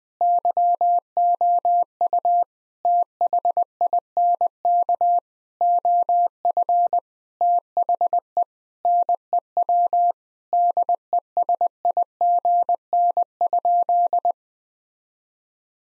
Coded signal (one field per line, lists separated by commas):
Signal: Morse code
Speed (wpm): 20 wpm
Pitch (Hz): 700 Hz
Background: none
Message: YOU THINK OF THE NEW DESIGN?